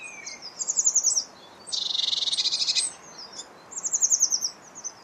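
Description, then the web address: Eurasian blue tit calls: thin high trilled notes, then a dry buzzing churr of about a second, followed by another short high trill. "Deverinetal 2025 File origin Bird Only Cy Ca"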